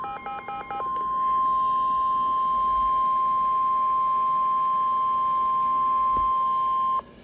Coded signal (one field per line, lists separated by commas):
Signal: Emergency Alert System (SAME) tones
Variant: 1050 Hz attention tone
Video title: Severe Thunderstorm Warning Again [EAS #195]